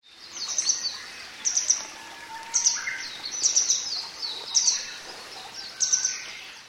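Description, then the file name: Grey wagtail giving sharp, high double or triple chips, repeated roughly once a second over a steady hiss of background noise. "kisekirei"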